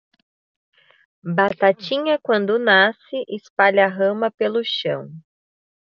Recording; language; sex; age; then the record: short text; Brazilian Portuguese; female; 30 to 39 years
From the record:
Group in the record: control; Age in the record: 31 years